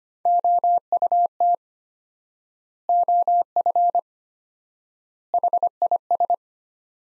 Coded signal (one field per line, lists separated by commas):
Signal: Morse code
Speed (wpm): 25 wpm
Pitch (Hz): 700 Hz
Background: none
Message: OUT OF HIS